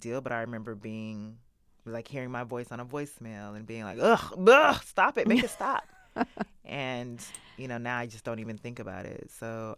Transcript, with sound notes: But I remember being - like, hearing my voice on a voicemail and being like, ugh, stop it. Make it stop.
(Laughter).
And, you know, now I just don't even think about it.